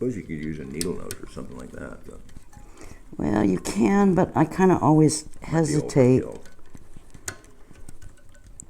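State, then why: Seated. An insulated spade quick-disconnect connector on a new wiring harness for an Olympia Cremina espresso machine is pushed onto a stiff-fitting terminal inside the machine. Someone talks over faint handling noises, then a sharp click at 7.3 s marks the connector seating, followed by a few small ticks. The connector clicks fully onto the terminal.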